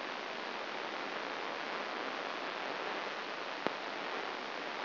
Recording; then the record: brain microelectrode recording played as sound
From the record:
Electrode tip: inside the subthalamic nucleus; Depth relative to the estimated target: 1 mm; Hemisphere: left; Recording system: AlphaMap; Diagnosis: Parkinson's disease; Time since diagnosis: 9 years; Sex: female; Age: 40 years